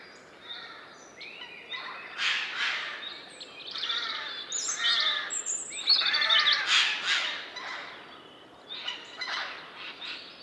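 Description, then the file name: Eurasian jay giving harsh, rasping screeches in a series of bursts. "Garrulus glandarius"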